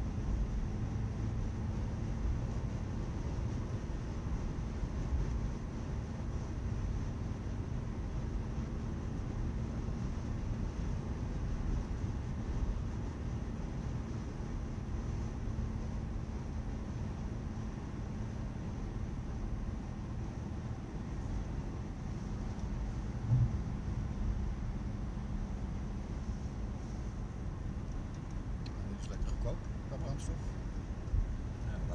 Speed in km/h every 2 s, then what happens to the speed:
88, 91, 92, 90, 91, 90, 89, 87, 85, 83, 82, 82, 81, 80, 80, 79.
0-32 slows to 79.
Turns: none.